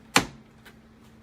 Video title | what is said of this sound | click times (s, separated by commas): The Oily Krafter Unboxing and Setup Glowforge Pro | you hear it kind of snap into place | 0.2 s